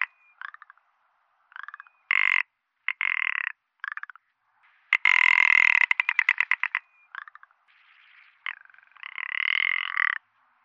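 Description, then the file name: Rock ptarmigan giving harsh, croaking calls and dry rattles in short bursts, one long stuttering rattle midway, with brief pauses between phrases. "alpenschneehuhn"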